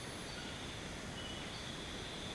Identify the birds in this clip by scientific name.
none